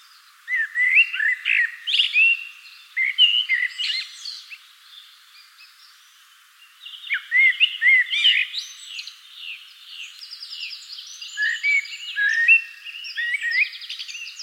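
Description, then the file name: Common blackbird calling with bursts of short warbled and chirping notes, some in quick runs, others spaced out, pausing near the middle before resuming with higher twittering. "Turdus merula"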